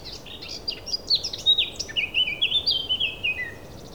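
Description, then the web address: Thrush song of quick high chirps flowing into a cascade of descending whistled notes, with a constant faint hiss underneath. A single thrush. "Effects 02-Birds, Insects Animals. Birds single thrush"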